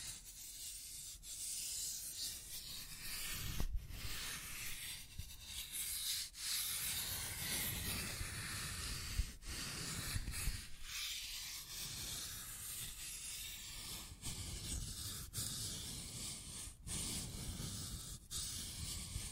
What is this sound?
Scratching and Tracing Sounds